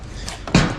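On a Honda Civic EK front bumper, a push-style quick-disconnect latch has its quick-release button pressed on the other side, freeing the bumper's quick-release pin from its latch receiver. A faint tick sounds at 0.3 s, then a sharp, full-bodied pop at 0.6 s as the latch releases, followed by a soft fading rustle. The latch is released.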